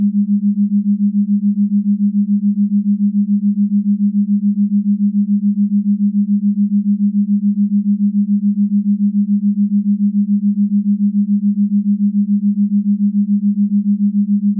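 A binaural beat in the theta range: a single low, pure tone near 200 holds perfectly steady for the whole clip. Its loudness swells and dips in a fast, even pulse several times a second. Nothing else is heard.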